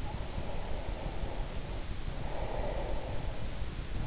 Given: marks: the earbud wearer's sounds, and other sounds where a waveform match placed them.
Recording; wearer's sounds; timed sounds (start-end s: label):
sounds in sleep by an in-ear microphone; breath
0.44-3.41 s: breath